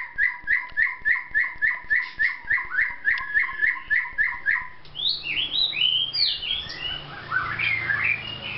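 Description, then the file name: White-rumped shama song opening with a rapid even series of repeated two-part chips about three per second, then breaking into varied whistled flourishes. Vietnam. "shama vietnam omkicau"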